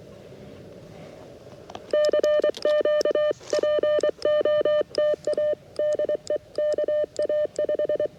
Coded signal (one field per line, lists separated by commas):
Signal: Morse code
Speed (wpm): 24 wpm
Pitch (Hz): 600 Hz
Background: none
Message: CQ POTA DE KA5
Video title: QRP CW POTA with K2 and 40-10 EFHW